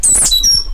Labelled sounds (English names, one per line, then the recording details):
Stitchbird song
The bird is a male
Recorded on Tiritiri Matangi Island, New Zealand, in 2005
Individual 8, of nest box 10